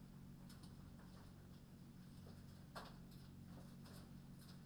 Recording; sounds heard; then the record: poultry house recording; no chicken sound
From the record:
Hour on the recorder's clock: 22